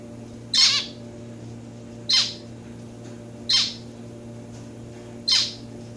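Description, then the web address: Society finch calls: four single harsh, buzzy notes spaced about one and a half seconds apart, with a faint steady hum underneath. Pet domestic society finches while their owner plays with them. "playing with my finches. lonchura striata domestica"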